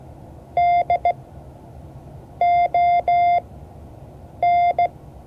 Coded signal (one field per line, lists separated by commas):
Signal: Morse code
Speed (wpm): 16 wpm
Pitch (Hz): 700 Hz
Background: none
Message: DON